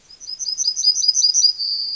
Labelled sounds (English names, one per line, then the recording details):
Yellowhammer song
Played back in forest
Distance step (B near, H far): C
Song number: 103